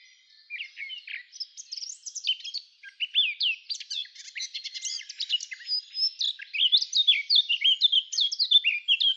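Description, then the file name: Eurasian blackcap song, a fast continuous warble of high chirps, slurs and twittering notes that grows louder and richer toward the end. "Sylvia atricapilla"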